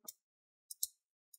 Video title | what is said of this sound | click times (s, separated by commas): How to Upgrade RAM for HP Victus 16 d0507 Laptop | and then you want to pinch the corners down you want to hear those click sounds on the back side | 0.7 s, 0.8 s